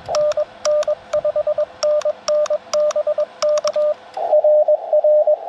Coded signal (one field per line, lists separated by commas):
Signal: Morse code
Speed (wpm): 21 wpm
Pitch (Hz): 600 Hz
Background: radio noise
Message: NN 5NN BK RR